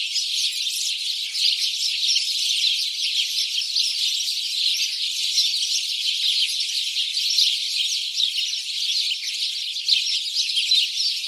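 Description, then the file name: House sparrow chatter: many overlapping sharp chirps in a steady, dense stream, with a few louder notes punctuating it. "Passer domesticus"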